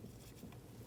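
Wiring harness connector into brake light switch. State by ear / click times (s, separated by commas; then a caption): not seated / none. A wiring harness connector is lined up with the new brake light switch at the pedal of a 2000–2007 Ford Taurus as it is handled before being plugged in. Only a steady low rumble and faint handling noise are heard, with no talk. Nothing has seated or clicked yet.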